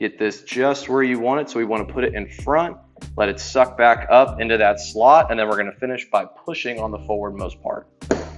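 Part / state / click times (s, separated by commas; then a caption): LED side marker light into rear bumper cutout / seated / 8.1 s. A smoked LED side marker light is pressed into its slot in the rear quarter/bumper cutout of a 2015-2023 Ford Mustang, with the forward-most end pushed last, while someone talks over background music. The marker housing snaps into the bumper slot with a sharp pop at 8.1 s, and the side marker is seated and installed.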